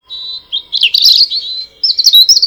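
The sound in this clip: Robin uttering high, thin notes: a sustained whistle, then rapid chattering chirps, then a second burst of bright squeaky notes.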